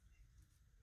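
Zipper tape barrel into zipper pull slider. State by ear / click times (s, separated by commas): not seated / none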